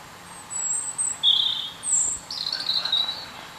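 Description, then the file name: European robin song: a short run of thin, high whistled notes, some sliding and some flat, with brief gaps between them over faint background hiss. "Erithacus rubecula"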